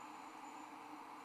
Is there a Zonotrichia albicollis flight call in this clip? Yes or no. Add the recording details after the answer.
no. No flight call is heard. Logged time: 04:16 on 13 December 2014